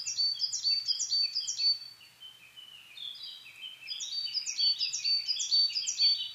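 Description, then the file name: Coal tit singing bright, high phrases in quick succession, with softer lower notes midway before a second loud run. Recorded in Japan on 22 May 2010 at 17:41. "higara-20100522-1741"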